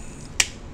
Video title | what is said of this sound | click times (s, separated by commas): Transformers The Last Knight Premier Edition Leader Class Megatron Review | push in and you hear that click | 0.4 s